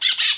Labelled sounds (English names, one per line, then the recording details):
Brown-throated Parakeet contact call
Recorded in Venezuela
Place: Guárico; Corozopando; Fundo La Fe
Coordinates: 8.506, -67.593